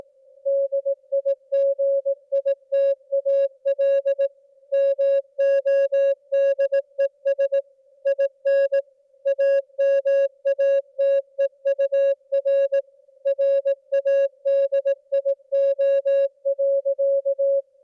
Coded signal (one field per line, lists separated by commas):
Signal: Morse code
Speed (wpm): 18 wpm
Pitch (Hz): 550 Hz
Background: music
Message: DIGITAL MODES IN AMATEUR RADIO.